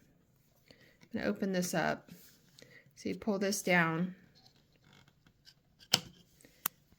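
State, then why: Seated. Someone talks, then pulls down the bobbin area cover on a Cornely FBN lock stitch embroidery machine. A sharp click at 6.7 s marks the cover snapping into place.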